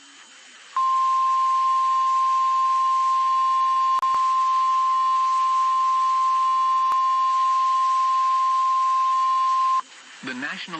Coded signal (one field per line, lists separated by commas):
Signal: Emergency Alert System (SAME) tones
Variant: 1050 Hz attention tone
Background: speech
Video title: Severe Thunderstorm Warning North Carolina Noaa Weather Radio Station WXL 59 Rocky Mount, NC 7/28/26